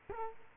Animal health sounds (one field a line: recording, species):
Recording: mosquito wingbeat signal from an infrared sensor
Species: Culex quinquefasciatus